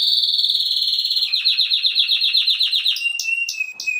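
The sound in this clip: Canary song: a bright sustained high trill breaking into fast rolling pulses, then clipped chirps over a held whistle.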